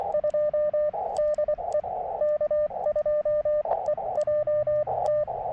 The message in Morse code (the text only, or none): 2 DE K2EJT